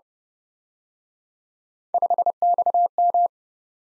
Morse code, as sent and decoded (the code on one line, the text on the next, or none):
..... -..- --
5XM